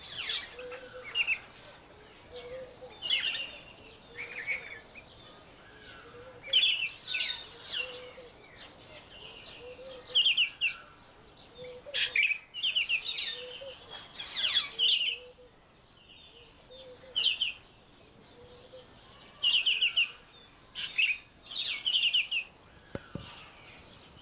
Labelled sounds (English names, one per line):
Black-headed Bulbul